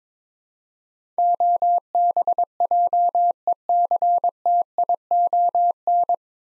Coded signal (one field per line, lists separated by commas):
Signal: Morse code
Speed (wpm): 21 wpm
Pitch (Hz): 700 Hz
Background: none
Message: OBJECTION